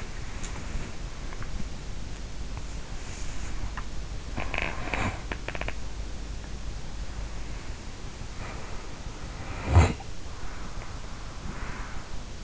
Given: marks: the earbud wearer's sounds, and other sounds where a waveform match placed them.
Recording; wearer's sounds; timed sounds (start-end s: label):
sounds in sleep by an in-ear microphone; body movement, teeth grinding
0.00-12.44 s: body movement
5.29-5.94 s: teeth grinding